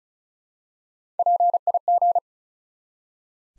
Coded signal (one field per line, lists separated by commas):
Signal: Morse code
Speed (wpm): 36 wpm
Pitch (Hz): 700 Hz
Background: none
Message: PIG